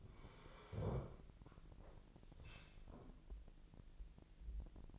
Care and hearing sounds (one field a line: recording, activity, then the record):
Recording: daily activity, microphone in the room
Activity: sit down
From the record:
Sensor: 5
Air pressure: 1002.1 hPa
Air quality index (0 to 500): 246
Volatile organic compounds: 30 ppm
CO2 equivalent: 2960 ppm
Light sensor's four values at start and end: 39/92/38/42 and 39/92/38/42